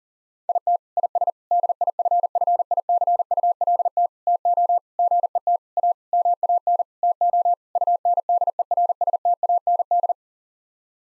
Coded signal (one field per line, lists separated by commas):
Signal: Morse code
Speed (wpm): 40 wpm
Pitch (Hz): 700 Hz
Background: none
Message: IT IS DIFFICULT TO GET A MAN TO UNDERSTAND